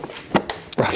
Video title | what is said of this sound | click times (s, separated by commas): NEW BLUETTI AC240 * WATER / DUST PROOF POWER STATION | okay like I said you just put it in and it snaps right in | 0.5 s